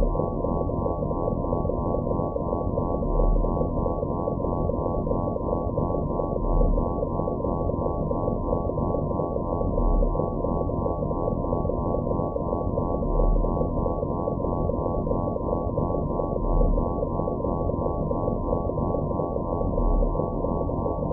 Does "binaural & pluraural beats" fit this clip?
yes